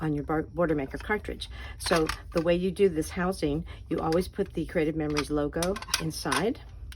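Someone talks while handling a plastic border punch cartridge for a Creative Memories border maker, lining it up with the logo facing inside the housing. The clip ends just before the cartridge snaps into the housing, so nothing has seated or clicked yet.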